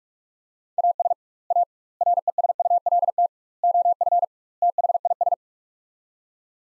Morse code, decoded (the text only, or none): AS A RESULT OF THIS